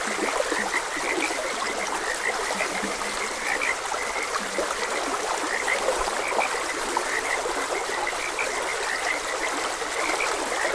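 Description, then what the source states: Frogs croaking in a steady chorus, short repeated knocks and chirps overlapping throughout, over a constant rush of flowing water. Frogs croaking beside a gentle stream.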